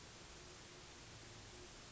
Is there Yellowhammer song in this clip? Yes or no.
no